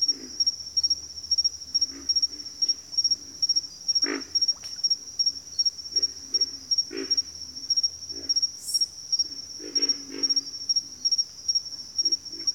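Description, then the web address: Pig frog grunting calls, low pig-like grunts in loose repeated bursts, with a steady high cricket trill running throughout. "Sleep Sounds of Nature. Pig Frogs"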